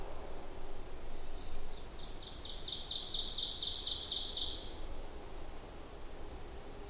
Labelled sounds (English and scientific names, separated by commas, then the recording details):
Ovenbird (Seiurus aurocapilla) song
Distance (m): 50 m
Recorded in boreal forest in Alberta, Canada, on 26 May 2016 at 07:16
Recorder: SongMeter 3, array SBT-3-15
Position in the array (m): 44 m, 223 m
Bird 20